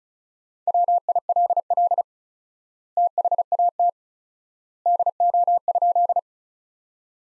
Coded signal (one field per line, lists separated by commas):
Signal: Morse code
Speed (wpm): 36 wpm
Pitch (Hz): 700 Hz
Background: none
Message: WILL THAT DO?